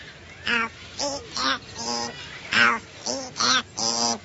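A parrot talks, saying goodbye, in a raspy, squawking voice, giving about eight short, speech-like bursts in a steady rhythm with brief pauses between them, loud and with no people speaking.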